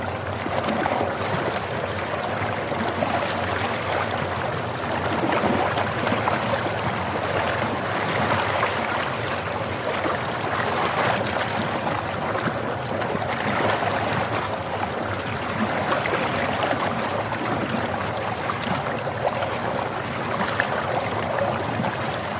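A river flows steadily throughout, a dense, even rush of water with a bright, hissing top and a softer churning underneath. The level barely changes over the whole stretch, with only slight swells, and no other sounds stand out.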